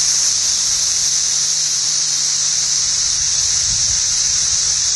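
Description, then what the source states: Periodical cicada chorus, a constant shrill whirring wash of many insects calling together, unvarying throughout, with a soft low hum in the background. A cluster of 17-year cicadas calling in trees.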